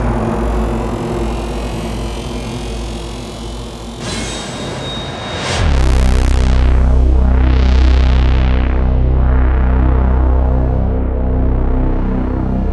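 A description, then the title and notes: A dark, dense industrial drone rumbles for the first few seconds, then a bright rise builds around four seconds into a heavy low hit near six. Afterward a thick, booming bass texture holds while filtered sweeps repeatedly swell and fall away. Cinematic hits, dark soundscapes, energetic sound effects, rises, industrial background sounds, transitions.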